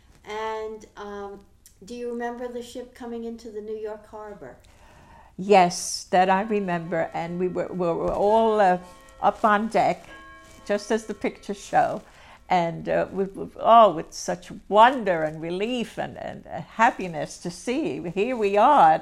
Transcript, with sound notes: And, do you remember the ship coming into the New York Harbor?
Yes, that I remember (a clock chimes) and we were all up on deck, just as the pictures show, and we were oh, and such wonder and relief and happiness to see, here we are;